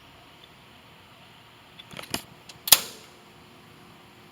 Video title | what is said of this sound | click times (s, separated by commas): How to Replace Speed Gear Selector on LeBlond Manual Lathe | she snapped back in place now | 2.7 s